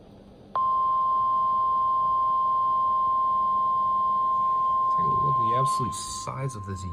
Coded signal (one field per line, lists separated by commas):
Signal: Emergency Alert System (SAME) tones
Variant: 1050 Hz attention tone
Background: speech